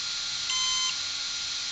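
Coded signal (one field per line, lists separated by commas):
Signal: beep code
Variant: brushless ESC programming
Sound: a single longer electronic beep over steady hiss and a faint constant tone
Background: steady hiss, faint hum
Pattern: 1 long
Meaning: One long beep marks the fifth setting value after four short beeps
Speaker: 1, 2, 3, 4, ça c'était un bip long,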